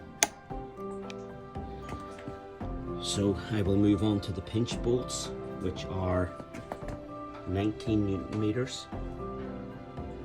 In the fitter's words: Now you can hear the torque wrench clicking.